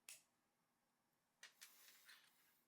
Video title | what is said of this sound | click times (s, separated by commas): FiTSTILL Magnetic Mount for DJI OSMO 360 – Is It the Best Quick Release? | click sound. Right? You guys may be to hear that right there. Right here. | 0.1 s